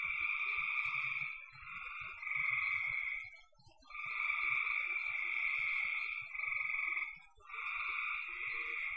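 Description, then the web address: Frog chorus of overlapping buzzy trills in long runs with short gaps between them, over faint low clicking. "cn frogs"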